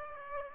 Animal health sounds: mosquito wingbeat signal from an infrared sensor; Aedes aegypti

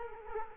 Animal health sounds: mosquito wingbeat signal from an infrared sensor; Culex quinquefasciatus

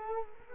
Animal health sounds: mosquito wingbeat signal from an infrared sensor; Culex quinquefasciatus

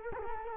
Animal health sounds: mosquito wingbeat signal from an infrared sensor; Culex quinquefasciatus

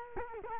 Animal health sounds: mosquito wingbeat signal from an infrared sensor; Culex quinquefasciatus

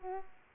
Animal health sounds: mosquito wingbeat signal from an infrared sensor; Culex pipiens

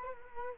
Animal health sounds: mosquito wingbeat signal from an infrared sensor; Culex quinquefasciatus

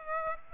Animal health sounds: mosquito wingbeat signal from an infrared sensor; Aedes aegypti

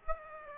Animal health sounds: mosquito wingbeat signal from an infrared sensor; Aedes aegypti

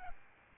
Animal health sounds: mosquito wingbeat signal from an infrared sensor; Aedes albopictus

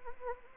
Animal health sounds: mosquito wingbeat signal from an infrared sensor; Anopheles arabiensis

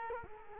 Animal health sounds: mosquito wingbeat signal from an infrared sensor; Culex quinquefasciatus

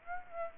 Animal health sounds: mosquito wingbeat signal from an infrared sensor; Aedes aegypti

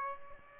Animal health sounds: mosquito wingbeat signal from an infrared sensor; Aedes albopictus

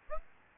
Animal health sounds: mosquito wingbeat signal from an infrared sensor; Aedes albopictus

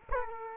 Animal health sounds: mosquito wingbeat signal from an infrared sensor; Culex quinquefasciatus

